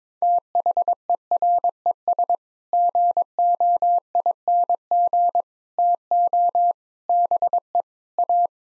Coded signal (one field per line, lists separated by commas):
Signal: Morse code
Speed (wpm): 22 wpm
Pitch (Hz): 700 Hz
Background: none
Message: THERES GOING TO BE A